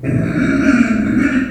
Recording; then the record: squeal of a Yucatan mini pig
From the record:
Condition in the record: after surgery on the right vocal fold (resection and tissue-engineered implant); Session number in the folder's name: 3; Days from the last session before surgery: 21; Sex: female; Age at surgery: 19 weeks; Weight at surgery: 25 kg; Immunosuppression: prednisolone